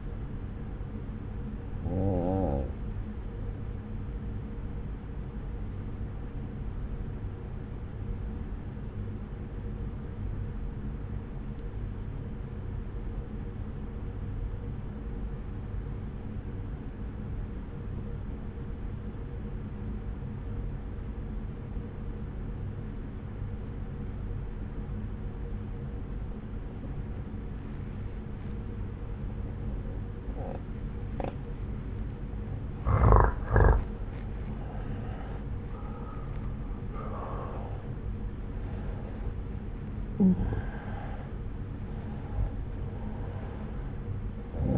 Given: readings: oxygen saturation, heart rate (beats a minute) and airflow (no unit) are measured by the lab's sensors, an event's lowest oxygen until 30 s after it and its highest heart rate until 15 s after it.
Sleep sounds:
breathing in sleep by a smartphone at the bedside; 1
12.00-35.40 s: obstructive apnea (N1, oxygen 96% highest, then 85% lowest)
From the record:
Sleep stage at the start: N1 (lightest sleep); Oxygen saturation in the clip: 87 to 96%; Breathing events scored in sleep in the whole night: 303 in 8.1 hours asleep

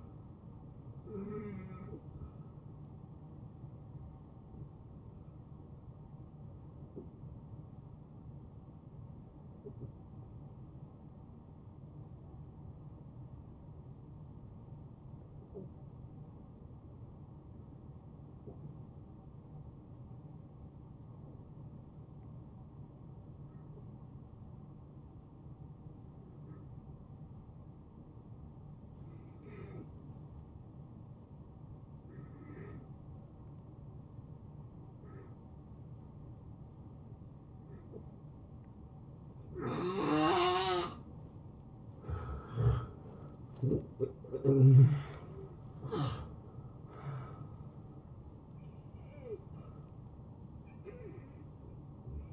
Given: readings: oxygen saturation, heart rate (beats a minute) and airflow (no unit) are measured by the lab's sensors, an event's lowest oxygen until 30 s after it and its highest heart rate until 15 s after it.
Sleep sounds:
breathing in sleep by a smartphone at the bedside; 1
3.00-42.40 s: hypopnea (N1, oxygen 93% highest, then 82% lowest, heart rate 82 at the start, 83 highest)
19.00-52.33 s: new sleep stage, N2 (light sleep)
From the record:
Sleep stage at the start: N1 (lightest sleep); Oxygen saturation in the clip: 79 to 93%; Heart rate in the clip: 68 to 83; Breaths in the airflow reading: 8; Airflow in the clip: -20.9 to 9.1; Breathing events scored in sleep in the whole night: 263 in 5.5 hours asleep

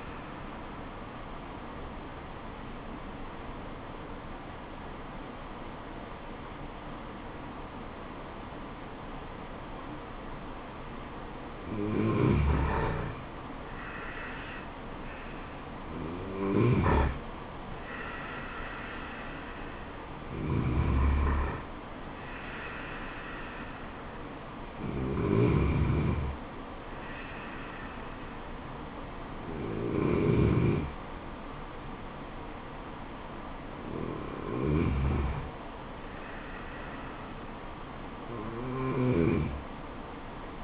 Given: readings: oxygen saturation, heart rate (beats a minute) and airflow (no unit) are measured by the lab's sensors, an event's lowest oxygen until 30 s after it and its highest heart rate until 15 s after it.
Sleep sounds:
breathing in sleep by a voice recorder at the bedside; 1
3.00-14.60 s: hypopnea (N2, oxygen 93% highest, then 92% lowest, heart rate 74 at the start, 77 highest)
9.00-39.00 s: new sleep stage, N1 (lightest sleep)
39.00-40.64 s: new sleep stage, N2 (light sleep)
From the record:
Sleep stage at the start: N2 (light sleep); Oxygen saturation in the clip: 92 to 94%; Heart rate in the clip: 66 to 77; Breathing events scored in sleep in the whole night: 426 in 7.4 hours asleep

